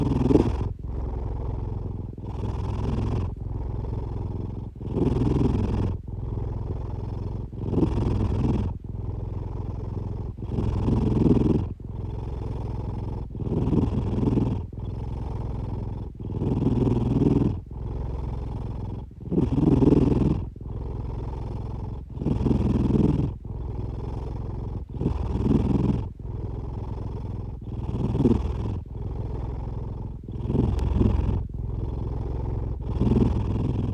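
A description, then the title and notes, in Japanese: A cat snores in a steady rhythm, about one breath every one and a half to two seconds across the whole stretch. Each breath is a low, rumbling, purr-like rattle with a soft airy hiss on top, separated by brief quieter gaps. お兄ちゃん(ネコ)のイビキ。キジトラ猫。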